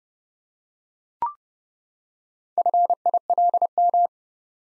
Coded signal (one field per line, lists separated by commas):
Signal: Morse code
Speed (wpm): 32 wpm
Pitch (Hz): 700 Hz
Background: none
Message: FILM